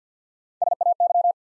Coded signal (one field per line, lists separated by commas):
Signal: Morse code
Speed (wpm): 50 wpm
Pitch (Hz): 700 Hz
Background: none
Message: S A Y